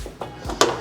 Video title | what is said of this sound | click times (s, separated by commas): OVERTAKE 1993-01 Subaru Impreza, 98-02 Forester Hi-Lift Hood Strut Install Guide | on the driver's side here, get that snapped into place, | 0.6 s